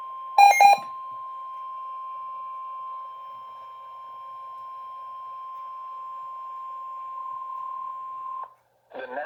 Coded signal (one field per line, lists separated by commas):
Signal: Emergency Alert System (SAME) tones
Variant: 1050 Hz attention tone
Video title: 4/12/26 Severe Thunderstorm Warning for Waller, Montgomery, and Harris Counties (EAS #37)